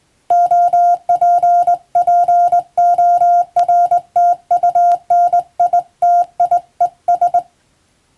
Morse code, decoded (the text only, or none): OPPORTUNITIES